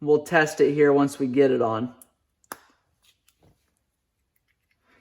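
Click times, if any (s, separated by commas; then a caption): 2.5 s. Someone talks for about two seconds while pushing the plastic needle-retainer cap onto the carburetor slide of a Suzuki Quadrunner / King Quad 250/300 carburetor, to hold the spring and needle in place. A sharp snap at 2.5 s marks the cap seating, followed by a few faint ticks.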